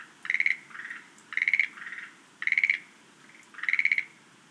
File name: rodolphe alexis - rhacophorus schlegelii